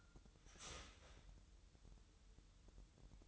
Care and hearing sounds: daily activity, microphone in the room; start toaster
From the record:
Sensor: 3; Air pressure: 988.6 hPa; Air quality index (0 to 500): 196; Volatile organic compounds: 317 ppm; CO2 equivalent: 4518 ppm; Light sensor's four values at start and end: 23/72/30/26 and 23/72/30/26

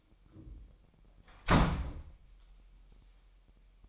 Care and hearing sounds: daily activity, microphone in the room; close door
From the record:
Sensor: 1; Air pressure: 998.4 hPa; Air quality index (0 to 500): 132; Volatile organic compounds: 4 ppm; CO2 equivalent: 1590 ppm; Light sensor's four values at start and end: 19/61/25/25 and 19/61/25/25

